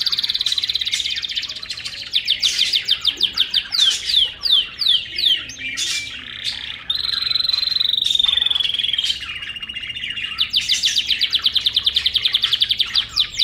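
Bird delivering a continuous, varied song of rapid sweeping notes and high trills, with a sustained buzzy phrase in the middle.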